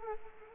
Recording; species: mosquito wingbeat signal from an infrared sensor; Anopheles arabiensis